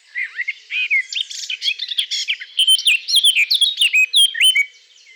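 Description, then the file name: Eurasian blackcap song, a rich fast warble of varied chattering and whistled phrases, opening with clear lower whistles and rising to bright, scratchy higher notes. "Sylvia atricapilla"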